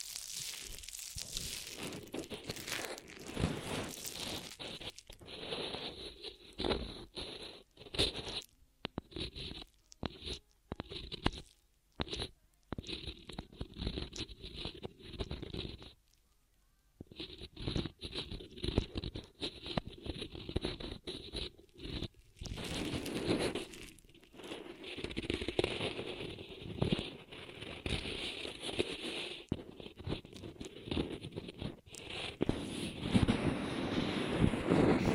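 Ear massage sounds: dense rubbing, scratching and crinkling textures with a bright hiss, broken by frequent short gaps. Brief silences cut in around 8–13 seconds, with a longer pause near 16 seconds. The rubbing grows heavier and fuller in the last few seconds.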